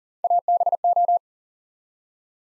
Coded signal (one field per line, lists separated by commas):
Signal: Morse code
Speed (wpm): 41 wpm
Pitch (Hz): 700 Hz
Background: none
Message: ABO